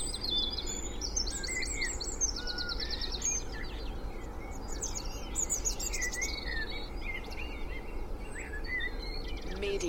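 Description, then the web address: Busy chorus of birds with quick repeated high trills, whistled slurs and chattering notes layered together, accompanied by an ongoing low traffic rumble. Spring dawn chorus recorded in Cheshire, UK, with distant traffic noise in the background. "beanstalk-audio Spring dawn chorus with distant traffic noise Cheshire UK"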